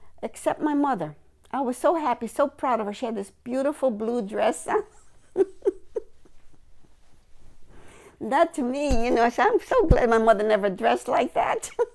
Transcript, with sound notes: Except my mother. I was so happy. So proud of her. She had this beautiful blue dress on. (laughing) That to me, you know, I'm so glad my mother never dressed like that.